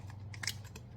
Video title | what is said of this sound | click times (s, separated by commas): Southern Salad by Temu 🥗 Kitchen Gadgets from Temu | and it has a little click. Okay, so it's locked in, it's clicked in, and it fits tightly | 0.5 s